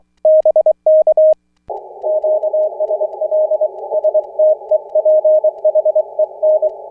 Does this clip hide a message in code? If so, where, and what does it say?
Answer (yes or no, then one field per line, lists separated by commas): yes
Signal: Morse code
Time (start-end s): 0.2-6.7 s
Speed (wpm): 24 wpm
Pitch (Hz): 620 Hz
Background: none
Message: BK QSL STEPHEN